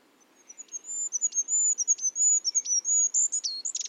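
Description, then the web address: Bird repeating thin, very high whistled notes with quick dips between them, closing with a rougher, buzzy burst. "Bird Only"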